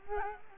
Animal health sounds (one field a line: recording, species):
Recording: mosquito wingbeat signal from an infrared sensor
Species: Culex quinquefasciatus